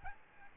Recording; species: mosquito wingbeat signal from an infrared sensor; Aedes albopictus